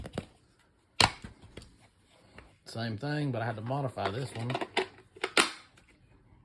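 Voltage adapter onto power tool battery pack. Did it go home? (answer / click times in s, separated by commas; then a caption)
yes / 5.2 s. A modified DeWalt 20V-to-18V voltage adapter, altered because the unmodified one would not latch, is slid onto a 20V power tool battery pack while someone talks. Its plastic latch clicks home at 5.2 s, and the adapter is seated.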